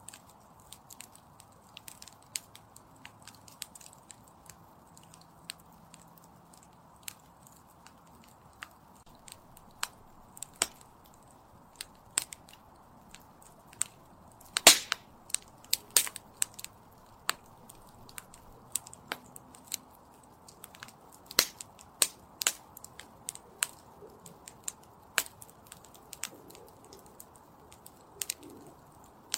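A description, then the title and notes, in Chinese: A campfire burns with a soft, steady hiss underneath, punctuated by sharp crackles and pops scattered irregularly throughout. The snaps grow busier and louder after the midpoint, with a few especially strong pops around fifteen seconds and clusters in the final third. 篝火燃烧声。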